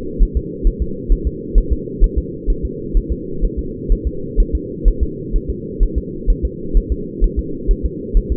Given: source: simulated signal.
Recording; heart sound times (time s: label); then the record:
fetal heart sounds
0.22 s: S1
0.37 s: S2
0.67 s: S1
0.82 s: S2
1.12 s: S1
1.27 s: S2
1.58 s: S1
1.72 s: S2
2.04 s: S1
2.18 s: S2
2.50 s: S1
2.65 s: S2
2.97 s: S1
3.12 s: S2
3.44 s: S1
3.59 s: S2
3.92 s: S1
4.07 s: S2
4.40 s: S1
4.55 s: S2
4.88 s: S1
5.03 s: S2
5.36 s: S1
5.50 s: S2
5.83 s: S1
5.98 s: S2
6.30 s: S1
6.45 s: S2
6.77 s: S1
6.92 s: S2
7.24 s: S1
7.39 s: S2
7.71 s: S1
7.85 s: S2
8.17 s: S1
8.32 s: S2
From the record:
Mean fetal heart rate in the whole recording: 130 bpm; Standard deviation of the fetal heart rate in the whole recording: 4 bpm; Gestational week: 38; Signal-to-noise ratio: -4.3 dB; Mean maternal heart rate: 72 bpm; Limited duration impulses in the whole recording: absent